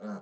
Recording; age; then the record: pig call; piglet (1 to 25 days)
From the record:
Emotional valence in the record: negative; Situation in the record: short isolation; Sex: male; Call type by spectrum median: low-frequency call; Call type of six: low-frequency stable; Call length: 0.21 s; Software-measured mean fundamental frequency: 68 Hz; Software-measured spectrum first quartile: 206 Hz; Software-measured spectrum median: 347 Hz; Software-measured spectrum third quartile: 748 Hz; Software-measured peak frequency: 202 Hz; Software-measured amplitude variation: 85 dB a second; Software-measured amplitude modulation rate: 7.0 a second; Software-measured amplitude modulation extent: 12.1 dB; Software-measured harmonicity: 4.1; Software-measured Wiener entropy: -0.32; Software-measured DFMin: 1025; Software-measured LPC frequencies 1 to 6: 1376, 3415, 4249, 6413, 7647, 8818 Hz